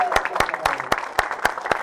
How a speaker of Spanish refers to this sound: ¡Fuerte el aplauso!